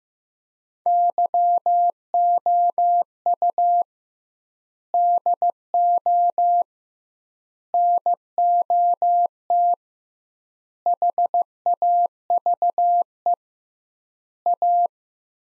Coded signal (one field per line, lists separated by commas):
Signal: Morse code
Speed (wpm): 15 wpm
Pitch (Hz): 700 Hz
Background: none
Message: YOU DO NOT HAVE A